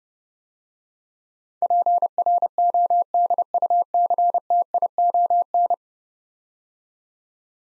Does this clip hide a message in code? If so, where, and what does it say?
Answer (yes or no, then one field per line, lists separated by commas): yes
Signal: Morse code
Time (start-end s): 1.6-5.7 s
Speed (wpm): 30 wpm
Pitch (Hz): 700 Hz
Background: none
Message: PRODUCTION